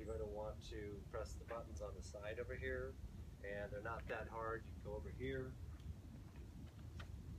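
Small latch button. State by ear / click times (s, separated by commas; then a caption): released / 7.0 s. Someone talks while pressing the side release button on one half of a Kettler Top Star XL outdoor ping pong table to unlock the folding latch before lowering it. A short click is heard at 7.0 s as the latch releases open, over a steady low background hum.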